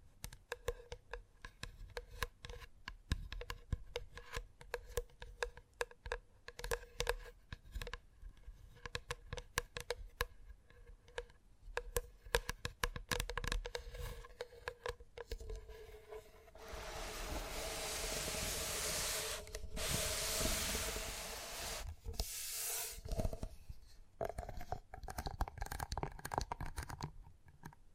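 Gentle tapping runs for the first fifteen seconds, a quick, irregular patter of light soft taps over a faint steady hum. Around sixteen seconds a loud, hissy rubbing takes over for several seconds, briefly returns near twenty-three seconds, then the taps resume.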